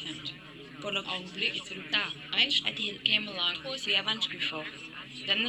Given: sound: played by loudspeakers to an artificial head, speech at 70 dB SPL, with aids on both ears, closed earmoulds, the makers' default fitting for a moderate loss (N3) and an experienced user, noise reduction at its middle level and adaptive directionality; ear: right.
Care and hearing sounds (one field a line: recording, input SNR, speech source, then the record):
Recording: speech test signal (ISTS) in cocktail-party noise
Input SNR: +3 dB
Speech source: on the right (90 degrees)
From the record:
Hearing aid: class 1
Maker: C